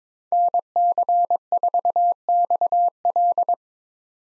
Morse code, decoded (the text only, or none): NC4XL